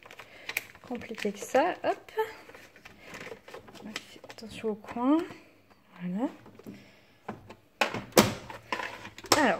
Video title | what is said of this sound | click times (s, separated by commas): Foodsaver, Sedona mes accessoire cuisine lapins | clip ce bien et pour être sûr que c'est bien clip si en fait il faut qu'une équipe partie verte soit voilà | 7.8 s, 9.3 s